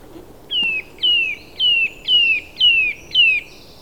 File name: Sitta europaea